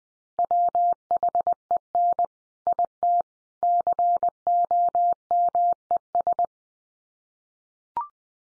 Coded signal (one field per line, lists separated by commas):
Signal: Morse code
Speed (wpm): 20 wpm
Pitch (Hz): 700 Hz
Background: none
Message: WHEN IT COMES